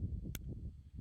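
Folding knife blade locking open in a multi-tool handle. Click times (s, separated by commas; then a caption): 0.4 s. The locking knife blade on a cheap multi-tool, a hollow-ground blade, is opened until its liner lock engages. A single sharp, bright metallic click at 0.4 s cuts through a steady low rumble as the blade seats and locks open in the handle.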